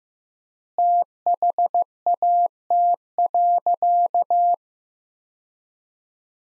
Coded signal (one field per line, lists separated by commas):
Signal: Morse code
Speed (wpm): 15 wpm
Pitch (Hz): 700 Hz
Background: none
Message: THAT.